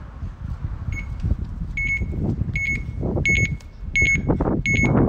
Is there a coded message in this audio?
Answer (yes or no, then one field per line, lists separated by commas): no